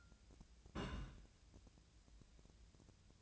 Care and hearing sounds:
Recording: daily activity, microphone in the room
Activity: place on stove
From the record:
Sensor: 2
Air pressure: 1009.8 hPa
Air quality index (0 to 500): 180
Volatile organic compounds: 10 ppm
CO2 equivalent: 2256 ppm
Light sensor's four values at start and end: 32/78/33/37 and 32/78/33/37

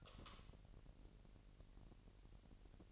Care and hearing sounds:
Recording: daily activity, microphone in the room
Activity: light off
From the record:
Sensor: 4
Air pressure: 1002.7 hPa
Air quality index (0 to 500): 246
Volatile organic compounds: 12 ppm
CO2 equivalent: 2347 ppm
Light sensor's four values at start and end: 7/16/6/7 and 6/14/6/6

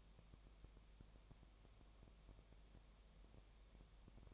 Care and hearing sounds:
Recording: daily activity, microphone in the room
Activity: no activity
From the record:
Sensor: 1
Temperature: 19.7 degrees Celsius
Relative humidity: 37.0%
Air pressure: 1007.2 hPa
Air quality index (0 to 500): 143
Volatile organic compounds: 5 ppm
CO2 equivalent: 1748 ppm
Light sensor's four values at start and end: 1/2/1/1 and 1/2/1/1

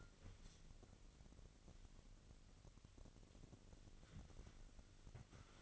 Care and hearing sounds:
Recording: daily activity, microphone in the room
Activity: wipe stove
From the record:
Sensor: 4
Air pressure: 1002.4 hPa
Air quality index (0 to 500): 214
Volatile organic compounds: 11 ppm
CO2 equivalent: 2316 ppm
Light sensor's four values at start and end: 18/66/24/24 and 18/66/24/24

